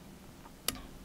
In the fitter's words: binding a little click